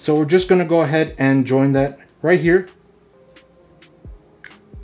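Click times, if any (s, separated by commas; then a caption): 4.4 s. Someone talks, then pushes an L-shaped plastic SATA data cable plug onto the SATA data port of a 2.5-inch SSD, with faint handling sounds before a sharp short click at 4.4 s as the plug seats.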